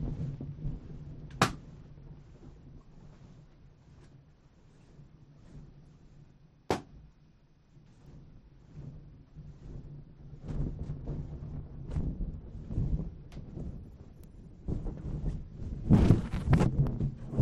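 Balloons are popped one at a time: sharp, bright bangs land near 1.5 and 6.7 seconds over a steady low hum. After ten seconds, rustling and handling noises pick up, ending in a denser, louder cluster of crackles and snaps near the end.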